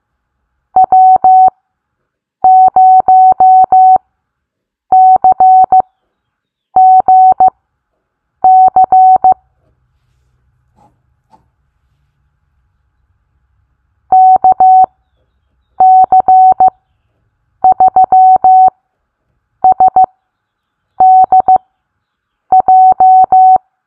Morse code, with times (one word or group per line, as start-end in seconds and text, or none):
0.8-9.3 W0CGC
14.1-23.6 KC3SDJ